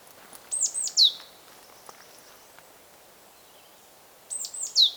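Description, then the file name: Great tit uttering two three-note phrases of high, downward-sliding notes about three and a half seconds apart, with faint soft ticks in between. "Parus major"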